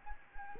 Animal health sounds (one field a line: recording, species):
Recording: mosquito wingbeat signal from an infrared sensor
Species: Anopheles gambiae